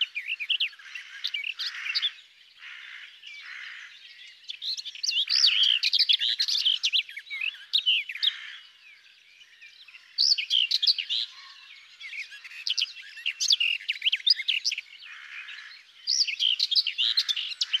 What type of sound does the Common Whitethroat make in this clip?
song